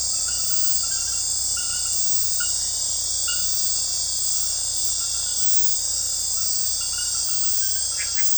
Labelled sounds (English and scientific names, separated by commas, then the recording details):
none
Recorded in dense forest near Puerto Asís, Putumayo, Colombia, on 21 February 2024 at 00:00
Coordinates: 0.487, -76.319
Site G6403